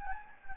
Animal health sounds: mosquito wingbeat signal from an infrared sensor; Anopheles gambiae

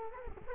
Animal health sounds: mosquito wingbeat signal from an infrared sensor; Culex quinquefasciatus

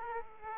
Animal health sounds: mosquito wingbeat signal from an infrared sensor; Aedes aegypti

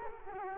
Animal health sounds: mosquito wingbeat signal from an infrared sensor; Culex quinquefasciatus

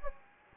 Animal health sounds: mosquito wingbeat signal from an infrared sensor; Anopheles gambiae

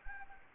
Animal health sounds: mosquito wingbeat signal from an infrared sensor; Anopheles arabiensis

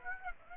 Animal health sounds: mosquito wingbeat signal from an infrared sensor; Aedes aegypti

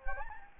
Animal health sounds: mosquito wingbeat signal from an infrared sensor; Anopheles gambiae

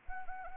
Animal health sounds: mosquito wingbeat signal from an infrared sensor; Anopheles arabiensis

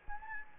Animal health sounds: mosquito wingbeat signal from an infrared sensor; Anopheles gambiae

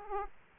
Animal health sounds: mosquito wingbeat signal from an infrared sensor; Aedes aegypti

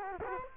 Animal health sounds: mosquito wingbeat signal from an infrared sensor; Culex quinquefasciatus

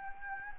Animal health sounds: mosquito wingbeat signal from an infrared sensor; Anopheles gambiae

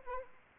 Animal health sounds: mosquito wingbeat signal from an infrared sensor; Anopheles arabiensis

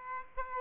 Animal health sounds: mosquito wingbeat signal from an infrared sensor; Aedes aegypti

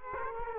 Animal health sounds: mosquito wingbeat signal from an infrared sensor; Culex quinquefasciatus

